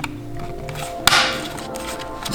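A plastic sequential turn signal unit for a BMW F30 is pressed into the side mirror housing with its screw hole lined up. A sharp, loud snap at 1.1 seconds is the clip popping into place, and the unit is then seated and secure.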